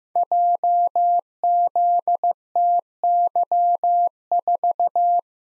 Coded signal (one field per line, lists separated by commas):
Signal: Morse code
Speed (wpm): 15 wpm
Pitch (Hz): 700 Hz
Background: none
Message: JZTY4